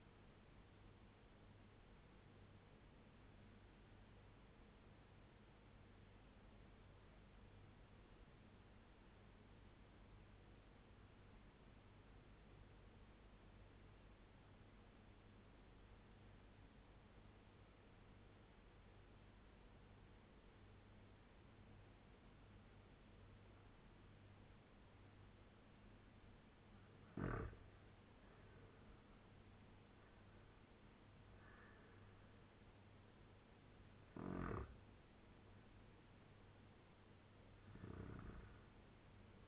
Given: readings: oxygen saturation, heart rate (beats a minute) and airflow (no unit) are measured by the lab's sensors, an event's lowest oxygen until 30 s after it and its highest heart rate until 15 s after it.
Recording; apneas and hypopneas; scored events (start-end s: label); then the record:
breathing in sleep by a voice recorder at the bedside; 1
3.00-27.50 s: obstructive apnea (N1, oxygen 96% highest, then 88% lowest, heart rate 83 at the start, 93 highest)
From the record:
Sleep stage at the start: N1 (lightest sleep); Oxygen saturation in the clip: 88 to 96%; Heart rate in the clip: 81 to 93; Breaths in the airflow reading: 4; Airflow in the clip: -6.8 to 7.3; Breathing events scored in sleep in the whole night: 201 in 6.5 hours asleep